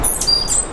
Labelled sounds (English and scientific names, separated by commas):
Stitchbird (Notiomystis cincta) song